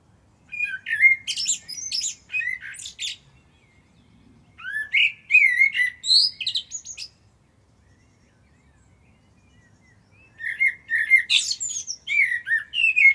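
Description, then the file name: Common blackbird singing three separate phrases with pauses between, each mixing low fluty whistles with rapid high-pitched squeaky twitters. "Turdus merula"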